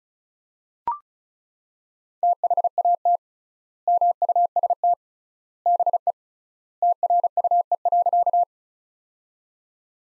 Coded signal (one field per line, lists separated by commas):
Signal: Morse code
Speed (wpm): 34 wpm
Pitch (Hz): 700 Hz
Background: none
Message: THAT MUST BE TRUE.